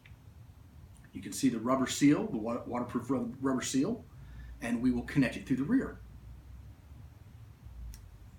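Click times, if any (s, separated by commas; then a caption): 7.9 s. A crimped terminal with its waterproof rubber seal is pushed through the rear of a female weatherproof connector housing while someone talks. After the talking stops, a short, sharp snap at 7.9 s marks the terminal locking into place, seated in the housing.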